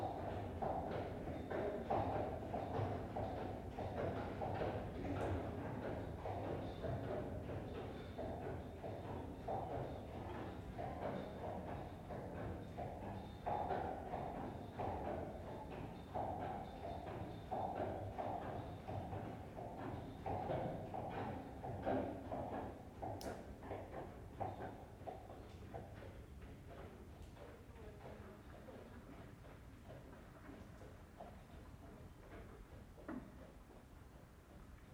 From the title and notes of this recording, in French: Je marche sur la voie verte, près de Bédarieux dans l'Hérault. Elle passe dans un ancien tunnel de chemin de fer. Prise de son : Olivier Noack.